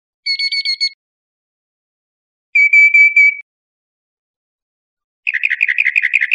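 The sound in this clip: Northern mockingbird song: three separate phrases, each a quick run of repeated high notes, the last one harsher and more rapid.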